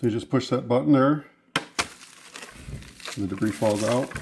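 Someone talks as the release button on a Shark vacuum's plastic dust canister is pressed, and the lid pops open with a sharp click at 1.6 s. Faint rattling follows as the debris falls out, and the talking resumes.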